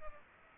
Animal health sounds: mosquito wingbeat signal from an infrared sensor; Culex pipiens

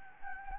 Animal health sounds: mosquito wingbeat signal from an infrared sensor; Anopheles gambiae

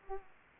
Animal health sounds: mosquito wingbeat signal from an infrared sensor; Aedes aegypti

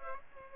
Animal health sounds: mosquito wingbeat signal from an infrared sensor; Aedes aegypti

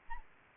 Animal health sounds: mosquito wingbeat signal from an infrared sensor; Anopheles gambiae

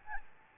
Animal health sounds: mosquito wingbeat signal from an infrared sensor; Aedes albopictus

